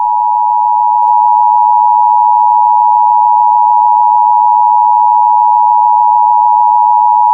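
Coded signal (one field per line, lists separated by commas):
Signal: Emergency Alert System (SAME) tones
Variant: 853 and 960 Hz attention tone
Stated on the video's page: Fictional analog-horror EAS scenario, simulated using Balabolka, Audacity, Adobe Premiere Pro and NtscQt.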